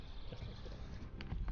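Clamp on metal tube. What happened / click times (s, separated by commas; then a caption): The clamp is handled but has not snapped home yet / none. A windsurf boom's quick-release clamp is handled at the mast, with low, soft knocks and rustling and a few brighter taps toward the end. The clamp has not snapped into place yet, and nothing has seated or clicked.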